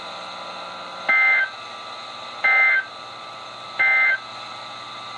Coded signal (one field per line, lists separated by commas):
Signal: Emergency Alert System (SAME) tones